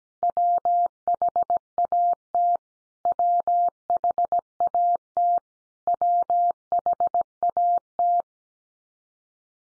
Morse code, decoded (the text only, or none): WHAT WHAT WHAT